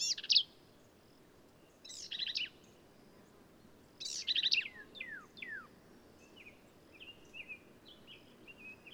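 Black-capped vireo singing harsh, buzzy chattering phrases roughly every two seconds, followed by a few quick downslurred notes and softer trailing notes, over faint background hiss.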